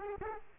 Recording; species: mosquito wingbeat signal from an infrared sensor; Aedes aegypti